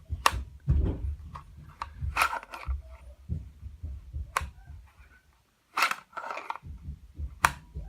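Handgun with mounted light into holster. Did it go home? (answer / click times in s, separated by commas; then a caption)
yes / 0.3 s, 4.4 s, 7.4 s. A handgun fitted with a compact Surefire XC1 weapon light is pushed into a rigid appendix holster several times, with handling rustle between insertions. Sharp retention clicks are heard at 0.3, 4.4 and 7.5 seconds as the pistol seats in the holster each time.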